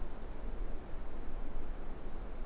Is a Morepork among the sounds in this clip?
no